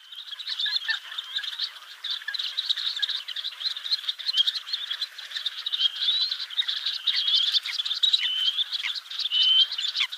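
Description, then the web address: Black-necked grebe calls, a dense, continuous chorus of high rising whistles over a rough, buzzy background, apparently several birds calling together. "Schulze Peter Black-necked Grebe"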